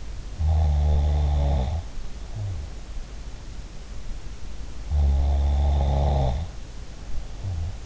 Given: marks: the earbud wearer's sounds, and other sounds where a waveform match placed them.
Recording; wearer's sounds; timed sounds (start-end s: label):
sounds in sleep by an in-ear microphone; snoring breath
0.29-2.95 s: snoring breath
4.85-7.86 s: snoring breath